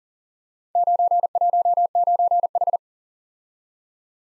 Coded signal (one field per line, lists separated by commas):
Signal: Morse code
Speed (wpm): 39 wpm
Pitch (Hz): 700 Hz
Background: none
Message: 919H